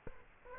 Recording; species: mosquito wingbeat signal from an infrared sensor; Aedes aegypti